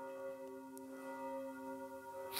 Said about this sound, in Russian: Видите, опять колокола звучат. Это все не случайно. Я специально сделал паузу, чтобы потревожнее было.